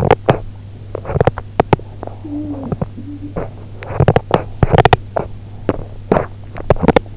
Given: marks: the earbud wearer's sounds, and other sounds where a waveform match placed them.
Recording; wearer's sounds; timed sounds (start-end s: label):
sounds in sleep by an in-ear microphone; teeth grinding, talking in sleep
0.36-2.12 s: teeth grinding
2.21-3.36 s: talking in sleep
3.30-7.11 s: teeth grinding